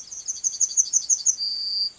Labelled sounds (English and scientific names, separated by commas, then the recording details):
Yellowhammer (Emberiza citrinella) song
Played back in grassland
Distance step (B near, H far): C
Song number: 123